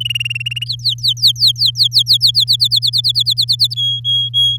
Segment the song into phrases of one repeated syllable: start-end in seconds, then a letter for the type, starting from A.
0.00-0.64 A, 0.66-2.31 B, 2.34-3.74 C, 3.76-4.58 D